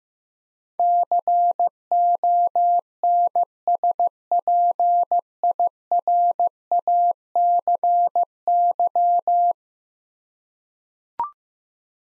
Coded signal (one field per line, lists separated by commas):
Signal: Morse code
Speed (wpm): 16 wpm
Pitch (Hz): 700 Hz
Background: none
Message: CONSPIRACY